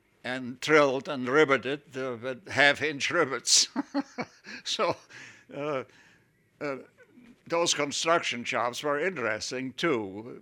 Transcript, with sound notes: and drilled and riveted with half inch rivets. (he laughs) So, those construction jobs were interesting too.